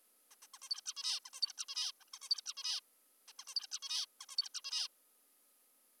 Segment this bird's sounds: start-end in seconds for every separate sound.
0.31-0.35, 0.42-0.47, 0.54-0.58, 0.62-0.69, 0.70-0.81, 0.86-0.94, 0.96-1.20, 1.26-1.30, 1.34-1.41, 1.42-1.53, 1.58-1.66, 1.68-1.92, 2.01-2.04, 2.08-2.10, 2.14-2.19, 2.22-2.29, 2.30-2.41, 2.46-2.54, 2.57-2.80, 3.28-3.33, 3.40-3.44, 3.47-3.54, 3.56-3.67, 3.72-3.79, 3.82-4.06, 4.21-4.26, 4.29-4.36, 4.38-4.49, 4.54-4.61, 4.64-4.88